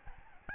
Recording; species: mosquito wingbeat signal from an infrared sensor; Aedes albopictus